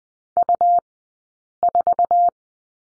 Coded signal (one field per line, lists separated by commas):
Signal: Morse code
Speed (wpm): 20 wpm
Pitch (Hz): 700 Hz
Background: none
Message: U4